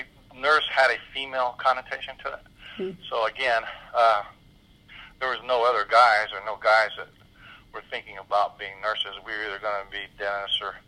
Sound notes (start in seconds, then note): none